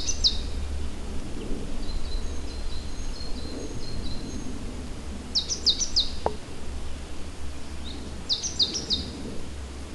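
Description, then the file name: Great tit giving short bursts of sharp, high downward-slurred notes in quick groups, repeated a few seconds apart over steady low rumbling background noise. "Parus major"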